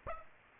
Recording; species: mosquito wingbeat signal from an infrared sensor; Aedes aegypti